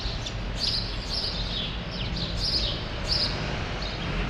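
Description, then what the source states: Sparrows chirp in brief bright bursts, with steady low background noise. Sparrows still present for now in a small remnant of a once-large grove, Rue Saint-Jean Népomucène, Brussels, Belgium; recorded with Earsight V2 AB microphones into a Zoom F3.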